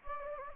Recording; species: mosquito wingbeat signal from an infrared sensor; Anopheles gambiae